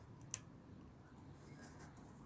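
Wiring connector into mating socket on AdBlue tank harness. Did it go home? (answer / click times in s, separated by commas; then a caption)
yes / 0.3 s. One of two electrical wiring connectors is pushed home into its mating socket on a VW AdBlue tank harness while fixing the reductant tank heater. A faint tick at 0.2 s is followed by a single sharp, bright click at 0.3 s, then only quiet background noise. The connector is seated.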